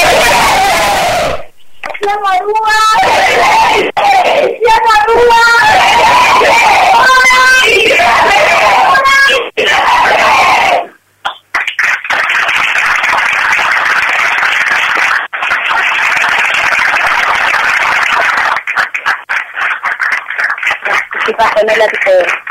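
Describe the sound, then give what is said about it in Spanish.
Loud, emotional shouting in a courtroom during a verdict, from a voice rising in strained, high-pitched bursts, followed by a noisy stretch of crowd commotion and overlapping voices filling the courtroom. “No, ahí estamos escuchando el grito emotivo.”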